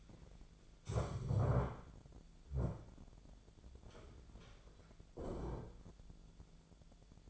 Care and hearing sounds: daily activity, microphone in the room; stand up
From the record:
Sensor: 5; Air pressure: 1008.0 hPa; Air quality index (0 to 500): 152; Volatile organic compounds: 3 ppm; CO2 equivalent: 1465 ppm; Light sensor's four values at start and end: 58/162/63/63 and 57/162/63/63

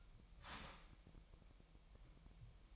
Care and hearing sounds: daily activity, microphone in the room; start toaster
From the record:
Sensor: 1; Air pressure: 1002.0 hPa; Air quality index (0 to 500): 241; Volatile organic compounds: 45 ppm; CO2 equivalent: 3233 ppm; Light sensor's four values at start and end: 10/34/12/14 and 10/34/12/14

